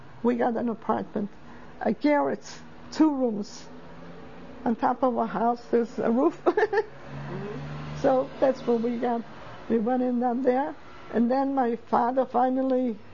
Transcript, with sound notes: we got an apartment. A garrett, two rooms on top of a house, this roof. ( she laughs ) So that's what we got. We got in down there, and then my father finally